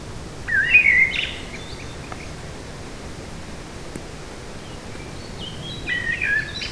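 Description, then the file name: Eurasian blackbird song: a warbled whistled phrase with a squeaky ending, then a quieter second phrase after a pause, over constant hiss. Recorded in a forest on 8 July 2018. "180708 blackbird forest"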